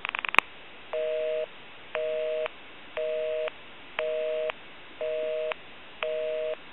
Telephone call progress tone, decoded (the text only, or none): busy tone